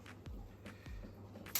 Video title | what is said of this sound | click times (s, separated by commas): We Install the New ReefMAT 1200 onto our Red Sea Reefer 900 3XL | this goes on top of the roll and then we just click it into place on this side | 1.6 s